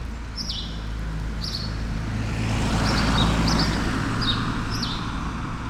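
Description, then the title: Sparrow chirps, several bright descending notes, against a strong rumble of passing traffic. Sparrows on Rue Keyenveld, Ixelles, Brussels, Belgium, a street with cars and people passing by; recorded with a Lom Usi Pro AB microphone pair into a Zoom F6. "Rue Keyenveld, Ixelles, Bruxelles-Capitale, Belgique - Sparrows - moineaux"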